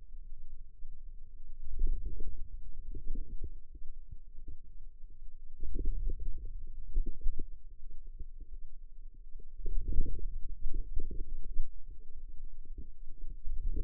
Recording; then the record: forearm muscle sounds (acoustic myography)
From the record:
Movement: ulnar deviation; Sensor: system 2, bracelet of six BSWA MPA416 microphones around the upper forearm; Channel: 5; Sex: female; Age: 21 years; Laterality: right